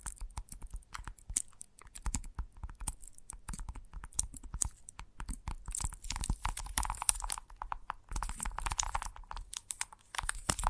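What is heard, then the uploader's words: Gentle tapping in quick irregular clusters of soft dry clicks with brief pauses between them. Each tap is crisp and slightly crunchy, and they come thicker toward the middle and end. A faint steady hum sits underneath. ASMR Gentle Tapping Tickles Your Brain (No Talking).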